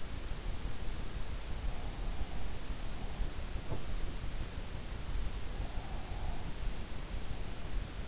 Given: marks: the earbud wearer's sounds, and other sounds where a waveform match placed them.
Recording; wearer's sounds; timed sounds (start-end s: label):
sounds in sleep by an in-ear microphone; teeth grinding
3.64-3.85 s: teeth grinding